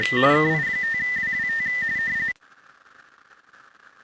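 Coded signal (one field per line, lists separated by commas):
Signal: RTTY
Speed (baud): 45.45 baud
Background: speech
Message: KI5WWT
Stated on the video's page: Weekly RTTY contest on an FTDX10 at 40 watts into a Palomar Bullet 71 ft end-fed antenna.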